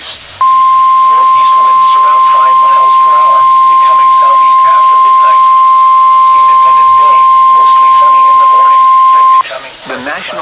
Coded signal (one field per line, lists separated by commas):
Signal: Emergency Alert System (SAME) tones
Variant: 1050 Hz attention tone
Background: speech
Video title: CANADA DAY RAIN i don't know what to title this lol | EAS Alerts from July 1, 2022 (EAS 1,237-1,242)